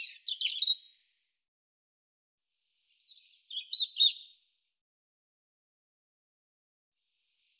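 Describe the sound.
European robin song: high warbled phrases of thin whistles and trills, separated by long silences.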